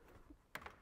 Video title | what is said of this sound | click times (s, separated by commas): DIRT DAILY. The Jeep YJ gets a new Bestop SuperTop | and lock into place | 0.6 s